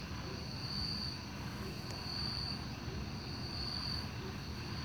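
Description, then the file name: Cricket chorus as a continuous high-pitched trill, louder pulses recurring roughly every one and a half seconds over a low rumbling background. Chorus of crickets at night in a park. "Coro de grilos no parque beija flor a noite com passos na grama, passaro e morcego"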